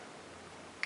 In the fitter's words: ainsi, en clips.